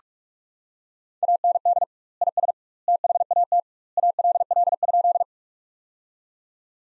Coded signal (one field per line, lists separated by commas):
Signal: Morse code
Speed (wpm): 46 wpm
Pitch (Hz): 700 Hz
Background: none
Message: AND IS THAT ALL?